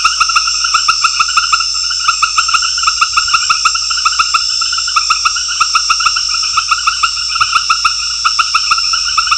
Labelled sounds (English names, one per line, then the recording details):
none
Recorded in secondary vegetation near Puerto Asís, Putumayo, Colombia, on 4 March 2025 at 19:00
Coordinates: 0.498, -76.327
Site G001